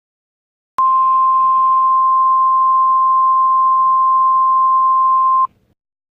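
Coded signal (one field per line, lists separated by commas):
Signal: Emergency Alert System (SAME) tones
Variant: 1050 Hz attention tone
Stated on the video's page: Fake EAS hack, not a real alert.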